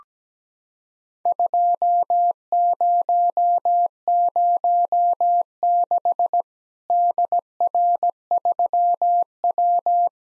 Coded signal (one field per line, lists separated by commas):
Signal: Morse code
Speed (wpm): 17 wpm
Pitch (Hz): 700 Hz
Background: none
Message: 2006 DR3W